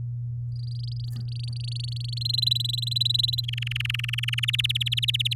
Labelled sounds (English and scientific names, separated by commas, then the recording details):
Domestic Canary (Serinus canaria) song
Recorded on 10 May 2018 at 17:09
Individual llb16